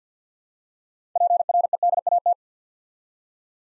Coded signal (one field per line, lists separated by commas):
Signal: Morse code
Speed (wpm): 48 wpm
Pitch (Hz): 700 Hz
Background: none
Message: PREDAT